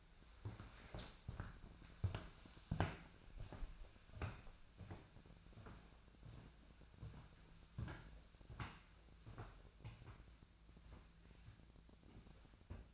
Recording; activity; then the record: daily activity, microphone in the room; walk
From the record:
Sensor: 2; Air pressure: 1008.2 hPa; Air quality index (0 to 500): 180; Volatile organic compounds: 10 ppm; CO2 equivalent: 2222 ppm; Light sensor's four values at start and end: 12/30/13/13 and 12/29/12/13